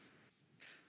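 A quiet, stifled sneeze from an adult woman: a breathy intake followed by a short, sharp hissing burst of air, all in under a second. The sneeze is deliberately suppressed and held back to stay quiet rather than a full explosive one.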